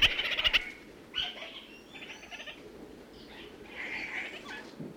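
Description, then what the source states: Red-crowned parakeet giving a loud harsh stuttering burst, then softer nasal chattering notes over the following seconds. New Zealand.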